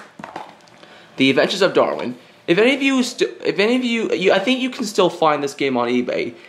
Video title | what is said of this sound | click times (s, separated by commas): PlayStation 2 Game Collection | and for some reason it's not click clicked into place there we go | 0.2 s